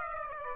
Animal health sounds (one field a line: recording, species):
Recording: mosquito wingbeat signal from an infrared sensor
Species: Aedes aegypti